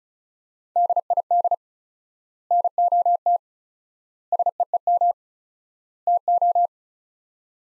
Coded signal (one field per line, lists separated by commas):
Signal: Morse code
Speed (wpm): 36 wpm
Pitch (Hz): 700 Hz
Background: none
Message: DID NOT SEEM TO